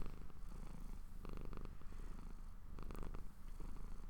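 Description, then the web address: Cat purring in a steady low rumble, with brief brighter bursts of breathy texture around one and a half and three seconds. Pet cat purring while falling asleep. "Popuppowerbombme My Cat Purring To Sleep"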